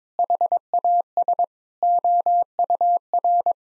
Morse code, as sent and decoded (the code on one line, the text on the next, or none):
.... .- ... / --- ..- .-.
HAS OUR